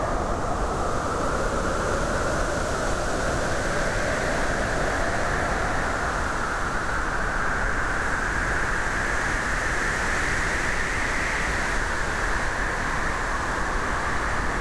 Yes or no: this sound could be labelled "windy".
yes